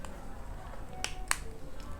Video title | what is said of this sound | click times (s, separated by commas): GoPro Hero 9 Media Mod - How to connect Media Mod to GoPro Hero 9 Black - Part 2 - Life of Latief | so lock అయిపోయింది. | 1.0 s, 1.3 s